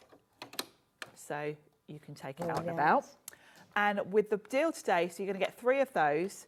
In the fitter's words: so even before you click it in is quite secure but then these lock into place